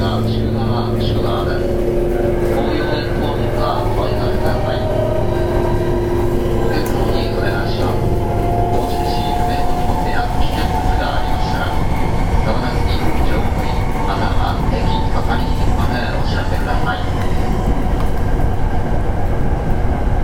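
A local train runs with a steady low rumble and humming motor tones, while muffled voices talk and the noise thickens after eight seconds.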